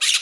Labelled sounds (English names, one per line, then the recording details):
Brown-throated Parakeet contact call
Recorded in Margarita
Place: Rd. to Arenera, R. El Muco
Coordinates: 10.983, -64.362